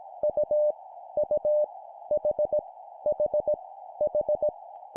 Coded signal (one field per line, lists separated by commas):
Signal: Morse code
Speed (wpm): 18 wpm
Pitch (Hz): 600 Hz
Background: none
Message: U U H H H